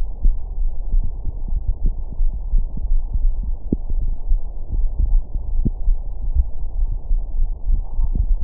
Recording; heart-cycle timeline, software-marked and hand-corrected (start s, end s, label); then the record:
heart sounds
not marked
From the record:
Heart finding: coronary artery disease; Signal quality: poor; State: rest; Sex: male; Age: 67 years